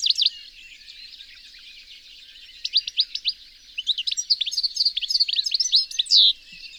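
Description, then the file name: European goldfinch chattering in a fast run of bright, tinkling notes after a brief opening burst, ending with a short nasal buzz. "Carduelis carduelis"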